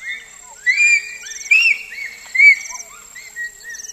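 Bonobo calls: three loud, short, arched squeals about a second apart, with softer yelps between and a steady high whine throughout.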